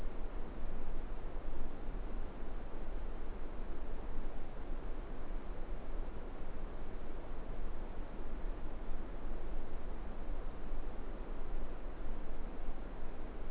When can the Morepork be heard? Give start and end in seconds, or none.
none